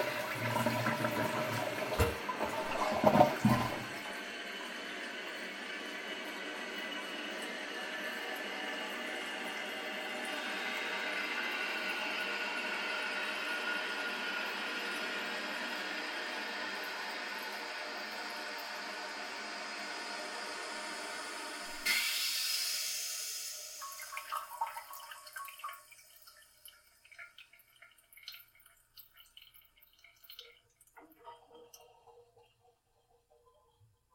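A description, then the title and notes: A toilet flushes with a loud clunk at the start, water rushes steadily for about twenty seconds, then the tank refills and trickles to silence. Household - toilet flush_01. Created with Dolby.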